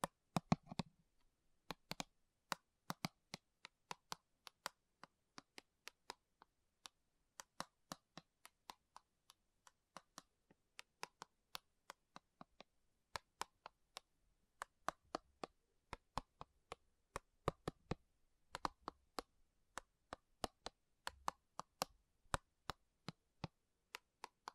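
Slow tapping on metal: sharp, clipped knocks come one or two at a time at an uneven pace, some noticeably louder than others. Each hit is bright and stops quickly. Soft low bumps sit under the taps near the start and again past the midpoint.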